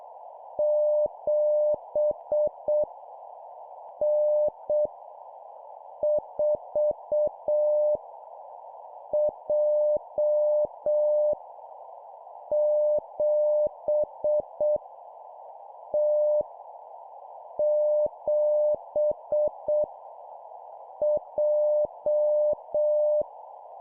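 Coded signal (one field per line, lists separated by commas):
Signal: Morse code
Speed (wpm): 6 wpm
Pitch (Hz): 600 Hz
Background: none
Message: 7 N 4 J 7 T 7 J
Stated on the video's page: Morse code copy practice of random letters and numbers sent at 7 wpm.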